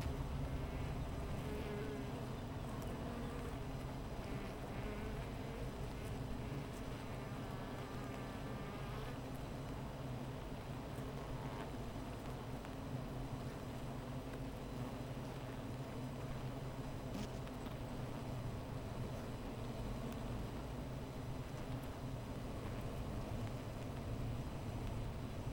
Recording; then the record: honeybee colony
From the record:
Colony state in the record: missing queen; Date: 14 July 2017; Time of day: 15:50